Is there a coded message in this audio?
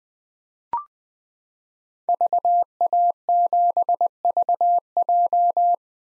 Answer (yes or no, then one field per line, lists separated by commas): yes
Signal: Morse code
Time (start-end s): 2.1-5.7 s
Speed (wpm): 20 wpm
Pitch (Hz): 700 Hz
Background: none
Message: VA7VJ